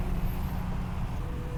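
A ventilation hose quick-connect fitting is handled at the engine port on the other side of a 2011 Camaro during an oil catch can install. Only a steady low rumble and hum are heard, with no sharp transients. Nothing has seated or clicked yet.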